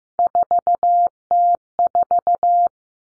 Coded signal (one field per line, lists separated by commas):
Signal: Morse code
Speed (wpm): 15 wpm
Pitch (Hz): 700 Hz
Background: none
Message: 4T4